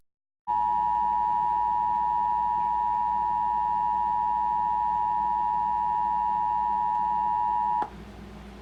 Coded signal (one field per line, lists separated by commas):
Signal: Emergency Alert System (SAME) tones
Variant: 853 and 960 Hz attention tone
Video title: National EAS Test 2019 On Charleston WV Suddenlink (8/7/19) EAS 67